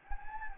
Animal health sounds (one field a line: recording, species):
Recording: mosquito wingbeat signal from an infrared sensor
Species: Anopheles gambiae